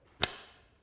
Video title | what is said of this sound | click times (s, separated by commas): INTENSE Recon MX Unboxing | Once you hear that click, you know everything's mounted securely. | 0.2 s